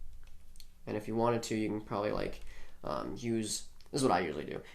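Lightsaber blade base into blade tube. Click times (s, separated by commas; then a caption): 0.6 s. Glue is spread on the plastic base of a neopixel lightsaber blade, and the base is pushed into the blade tube. It snaps into place with a sharp double click at 0.6 s, heard twice in quick succession. Then someone talks.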